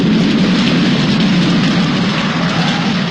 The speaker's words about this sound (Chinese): 儿子，这可是下雨了啊